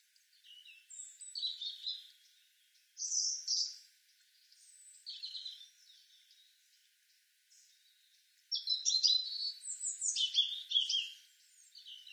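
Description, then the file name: European robin song in short bursts of high whistles and twitters, pausing between phrases, ending in a longer, dense, sparkling trilled phrase. "Erithacus rubecula"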